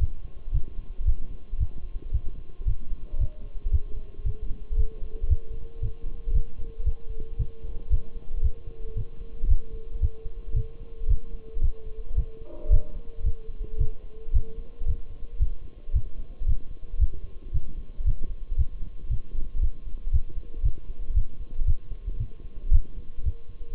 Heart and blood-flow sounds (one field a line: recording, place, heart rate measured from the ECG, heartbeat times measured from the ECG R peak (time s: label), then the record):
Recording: heart sounds by stethoscope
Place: between the tricuspid and mitral areas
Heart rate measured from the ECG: 114 bpm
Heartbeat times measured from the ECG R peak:
0.01 s: heartbeat
0.54 s: heartbeat
1.07 s: heartbeat
1.60 s: heartbeat
2.14 s: heartbeat
2.67 s: heartbeat
3.20 s: heartbeat
3.73 s: heartbeat
4.26 s: heartbeat
4.78 s: heartbeat
5.30 s: heartbeat
5.83 s: heartbeat
6.35 s: heartbeat
6.86 s: heartbeat
7.39 s: heartbeat
7.92 s: heartbeat
8.44 s: heartbeat
8.97 s: heartbeat
9.50 s: heartbeat
10.02 s: heartbeat
10.56 s: heartbeat
11.10 s: heartbeat
11.63 s: heartbeat
12.17 s: heartbeat
12.72 s: heartbeat
13.26 s: heartbeat
13.80 s: heartbeat
14.34 s: heartbeat
14.88 s: heartbeat
15.41 s: heartbeat
15.95 s: heartbeat
16.48 s: heartbeat
17.01 s: heartbeat
17.54 s: heartbeat
18.07 s: heartbeat
18.58 s: heartbeat
19.11 s: heartbeat
19.62 s: heartbeat
20.13 s: heartbeat
20.65 s: heartbeat
21.16 s: heartbeat
21.67 s: heartbeat
22.20 s: heartbeat
22.73 s: heartbeat
23.25 s: heartbeat
From the record:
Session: Bruce protocol treadmill stress test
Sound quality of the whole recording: partially saturated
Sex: male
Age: 23 years